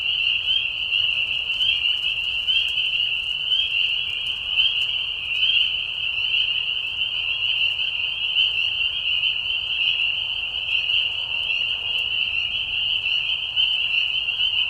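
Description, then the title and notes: Spring peeper chorus, a sustained high whistling drone made of many overlapping peeps, unvarying from start to finish over faint low background noise. Many spring peepers giving mating calls in a marsh at night during a short spring season, Tiny, Ontario, Canada; high whistles at low volume. "Peeper frogs in the spring. Peeper frogs in a marsh at night. This is a mating call that happens during a very short season in the Spring. Recorded at the Tiny Marsh Conservation area in Tiny, Ontario. Recorded by Anton Pickard. Part of the Music for Sleep project"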